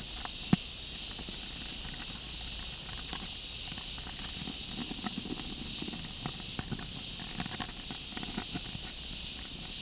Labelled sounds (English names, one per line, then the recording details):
none
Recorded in dense forest near Puerto Asís, Putumayo, Colombia, on 15 December 2024 at 15:00
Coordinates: 0.499, -76.324
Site G045